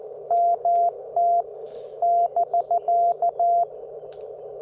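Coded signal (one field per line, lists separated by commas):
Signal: Morse code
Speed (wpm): 14 wpm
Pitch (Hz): 690 Hz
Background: none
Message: MT <BK>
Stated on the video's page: Simulated CW exchanges with Morse Walker practice software, focused on the Parks on the Air exchange format.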